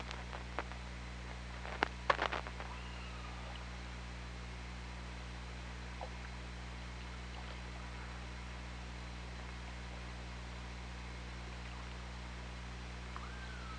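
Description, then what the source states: Killer whale sounds: a burst of sharp clicks early on, then faint drawn-out tonal calls, one rising near the end, over constant low hum. Hydrophone recording from OrcaLab, 24 August 2017, 07:07.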